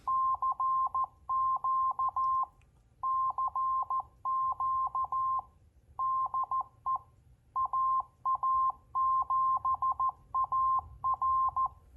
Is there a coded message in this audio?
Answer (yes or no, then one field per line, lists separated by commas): yes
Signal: Morse code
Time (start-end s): 0.1-11.7 s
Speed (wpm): 14 wpm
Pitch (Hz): 1050 Hz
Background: none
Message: CQ CQ DE AA7AR